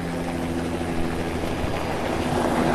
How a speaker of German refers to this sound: Hin und wieder taucht ein Hubschrauber am Himmel auf, der in Sekundenschnelle auch schon wieder weg ist.